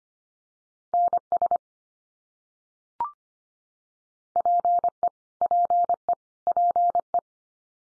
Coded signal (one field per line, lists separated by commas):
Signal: Morse code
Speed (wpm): 25 wpm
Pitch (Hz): 700 Hz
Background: none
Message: NS PE PE PE